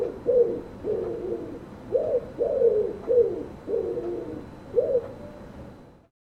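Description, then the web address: Bird cooing in an uneven series of husky, low phrases, fading out at the end. "cianscape birddata Deverinetal 2025"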